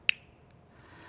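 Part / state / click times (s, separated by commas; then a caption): inhaler mouthpiece closing onto the inhaler base / seated / 0.1 s. After a capsule is placed in the center chamber of a Neohaler dry powder inhaler, the white plastic mouthpiece is closed onto the inhaler base. A sharp, loud snap at 0.1 s marks the mouthpiece clicking shut and seating, followed by a faint tick at 0.5 s and quiet background.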